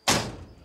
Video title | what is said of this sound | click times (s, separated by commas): SELTENE EINBLICKE in eine GARTENBAHN der SPITZENKLASSE - Wenn Träume wahr werden | and it clicks into place again, the switch is actually in the deflection as can be seen here. | 0.1 s